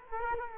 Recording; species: mosquito wingbeat signal from an infrared sensor; Culex quinquefasciatus